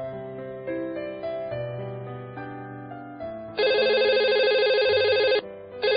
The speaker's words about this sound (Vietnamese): Điện thoại bàn kêu liên hồi, cô phấn khởi đi nhanh tới.